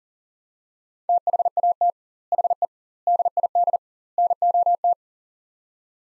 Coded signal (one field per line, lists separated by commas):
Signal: Morse code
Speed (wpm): 40 wpm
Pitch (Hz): 700 Hz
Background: none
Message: THAT HE DID NOT